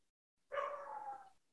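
An adult woman gives a single, odd-sounding sneeze.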